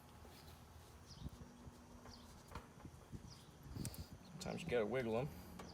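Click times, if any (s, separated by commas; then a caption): none. A spade wire connector is pushed and wiggled onto a terminal on an AC compressor while a compressor saver kit is fitted to a generator-friendly AC unit. A few small handling clicks and rustles are heard while someone talks. Nothing has seated or clicked into place yet.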